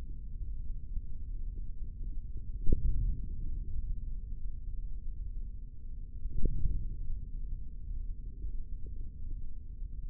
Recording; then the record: forearm muscle sounds (acoustic myography)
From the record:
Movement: hand closing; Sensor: system 3, bracelet of six PUI Audio POM-2738L microphones around the upper forearm, with dedicated amplification and filtering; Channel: 3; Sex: male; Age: 25 years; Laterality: right